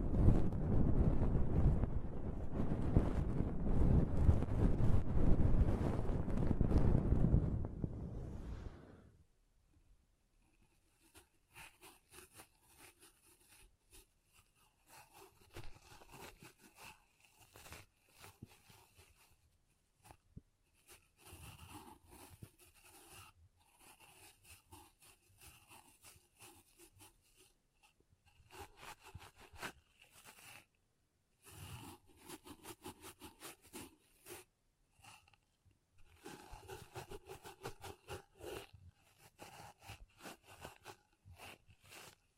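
Pom pom tingles open with nine seconds of loud, low, blowing rumble, then drop to soft, sparse crinkly rustles and scratches in irregular bursts.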